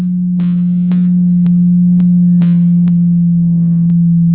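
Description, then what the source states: Blue whale call, a loud, even low hum that never breaks, punctuated by repeated sharp clicks. Recorded in the Atlantic.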